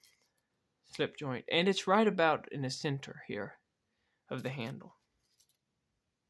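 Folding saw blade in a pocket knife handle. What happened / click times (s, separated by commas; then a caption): The folding blade is being handled and has not snapped into place yet / none. A Victorinox Rangergrip 78 pocket multitool's folding saw blade sits on a non-locking slip joint in the center of the handle, handled before it is swung into position under the back spring. Someone talks throughout, with only two faint ticks near the start and end. Nothing has seated or snapped into place yet.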